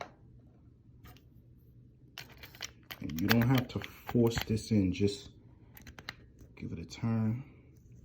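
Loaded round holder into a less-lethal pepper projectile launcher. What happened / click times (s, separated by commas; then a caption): The part is being handled and has not yet seated / none. A loaded round holder with three inert rounds is twisted by hand, without forcing, into a Pepperball Lifelite Mobile less-lethal pepper projectile launcher. Someone talks over faint handling clicks and taps around 2.2–3.1 s and 5.8–6.6 s. The holder has not seated or clicked into place yet.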